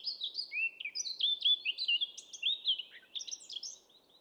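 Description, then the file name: Eurasian blackcap pouring out a continuous, rich warble of slurred whistles and quick chirps, loud and unbroken for four seconds. "Sylvia atricapilla"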